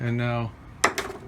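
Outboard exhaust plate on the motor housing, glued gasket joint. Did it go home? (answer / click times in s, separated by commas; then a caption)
released / 0.9 s, 1.0 s. Someone talks briefly, then a screwdriver prying the glued exhaust middle plate off the motor housing of a 30-year-old 9.9 hp Mercury outboard gives a sharp crack at 0.9 s and a second one at 1.0 s. The adhesive gasket joint breaks loose, and the plate is released and ready to come off.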